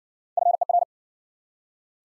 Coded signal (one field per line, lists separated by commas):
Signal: Morse code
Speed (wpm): 52 wpm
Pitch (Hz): 700 Hz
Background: none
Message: FER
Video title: Top 20 QSO Elements - Speed-Racing - 40wpm